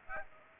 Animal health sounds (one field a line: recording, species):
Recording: mosquito wingbeat signal from an infrared sensor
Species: Aedes aegypti